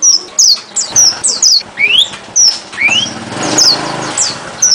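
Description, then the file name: Strawberry finch calls: quick high tweets in irregular runs, two lower rising whistled notes, and a faint hum of traffic underneath. "suara strawberryfinch omkicau"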